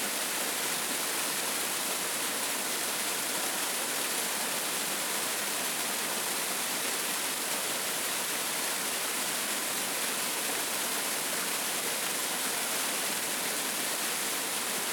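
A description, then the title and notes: A jungle waterfall pours in a dense, unbroken roar that stays steady for the whole stretch. The rush is bright and hissing, with a softer low rumble beneath and no separate events standing out. Tropical Jungle Waterfall.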